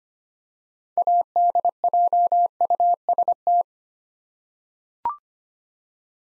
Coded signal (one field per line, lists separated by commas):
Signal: Morse code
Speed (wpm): 25 wpm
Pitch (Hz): 700 Hz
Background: none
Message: ADJUST